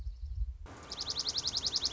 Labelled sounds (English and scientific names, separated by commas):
Dark-eyed Junco (Junco hyemalis)